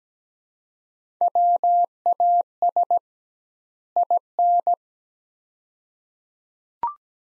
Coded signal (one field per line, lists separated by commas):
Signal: Morse code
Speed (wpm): 17 wpm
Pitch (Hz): 700 Hz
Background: none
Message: WAS IN